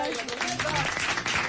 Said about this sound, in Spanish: Gracias, cariño. Un aplauso, por